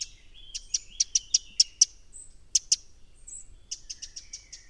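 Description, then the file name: Eurasian wren giving sharp, dry ticking calls in quick runs, with a pause before a final rapid burst. "Troglodytes troglodytes"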